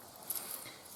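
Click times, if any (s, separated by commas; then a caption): 0.3 s. A square link piece with four holes is rocked back and forth against its mating part, making a faint scraping rustle. It snaps home with a sharp click at 0.3 s, followed by a smaller tick just after, and the piece is seated.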